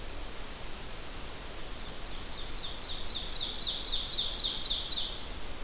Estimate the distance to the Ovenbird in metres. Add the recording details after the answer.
about 40 m. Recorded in boreal forest in Alberta, Canada, on 12 June 2016 at 06:58. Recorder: SongMeter 3, array SBT-3-18. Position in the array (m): 245 m, 95 m. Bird 31